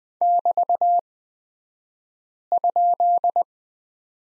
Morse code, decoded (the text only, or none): <BT>?